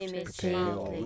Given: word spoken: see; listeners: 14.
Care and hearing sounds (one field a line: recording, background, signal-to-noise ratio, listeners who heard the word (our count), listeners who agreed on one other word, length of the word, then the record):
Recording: one English word in noise, from a listening test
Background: four-talker babble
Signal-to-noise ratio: 0.3 dB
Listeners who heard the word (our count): 0 of 14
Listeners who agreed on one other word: 7 of 14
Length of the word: 0.66 s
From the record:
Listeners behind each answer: 7, 1, 1, 1, 1, 1, 1, 1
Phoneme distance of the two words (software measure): 34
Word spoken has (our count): 1 syllable, 2 phonemes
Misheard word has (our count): 2 syllables, 4 phonemes, stress on syllable 1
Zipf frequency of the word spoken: 6.34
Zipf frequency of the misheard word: 4.64